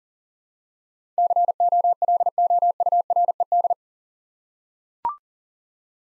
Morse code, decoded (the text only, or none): COLOURED